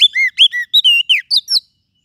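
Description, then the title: Lovebird calls: harsh, shrill squawking chirps delivered in a fast series of several notes, then silence. Lovebird call used as a lure to attract lovebirds. "PIKAT BURUNG LOVEBIRD"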